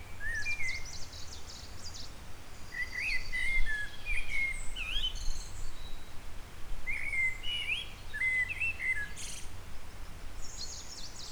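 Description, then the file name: Eurasian blackbird song: several mellow fluted warbling phrases with thin, high squeaky twitters, over a steady low rumble of background noise. "Turdus merula"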